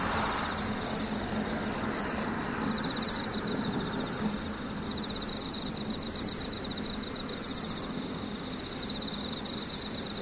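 Insects chirp in a steady, regular pulse, bright trills repeating about once a second over a constant high whine and low rumbling hum.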